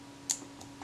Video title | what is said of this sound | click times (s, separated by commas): Another Retina IIIc, this one has a bad meter and a bad shutter. | Yeah, it locked into place. | 0.3 s